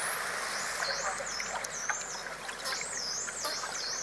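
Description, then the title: Dolphin whistles, rapid wavy high sweeps rising and falling, with scattered sharp clicks beneath, set against continuous underwater hiss. Underwater dolphins communicating with each other. "Dolphin Sounds Deep Underwater"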